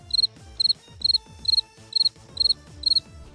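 crickets chirping sound effect

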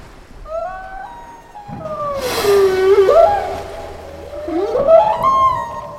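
whale calls

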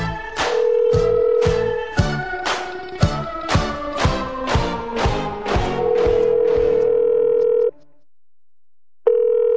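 telephone dial tone

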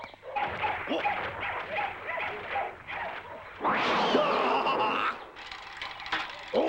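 dogs barking and whimpering

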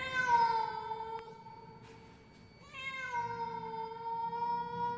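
cat meowing

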